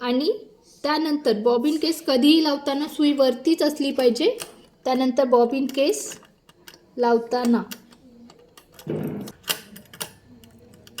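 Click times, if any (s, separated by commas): 11.0 s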